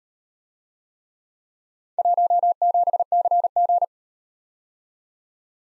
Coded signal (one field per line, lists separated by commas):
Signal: Morse code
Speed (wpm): 38 wpm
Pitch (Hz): 700 Hz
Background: none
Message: 17CG